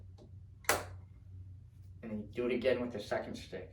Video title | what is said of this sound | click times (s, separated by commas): Process Presentation | until you hear the audible click. | 0.7 s